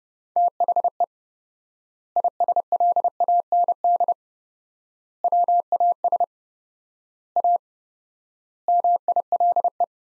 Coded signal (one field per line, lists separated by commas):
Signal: Morse code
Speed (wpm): 29 wpm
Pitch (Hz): 700 Hz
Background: none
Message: THE ISLAND WAS A MILE